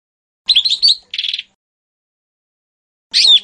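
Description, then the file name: Lesser green leafbird song: a quick run of sharp chirps and a buzzy trill, a pause of nearly two seconds, then one rich slurred note. "cucak hijau mini. omkicau"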